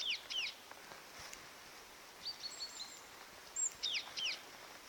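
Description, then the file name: Great tit calling in quick paired downslurred notes at the start and end, with a few faint high chirps between and a constant hiss underneath. "Parus major"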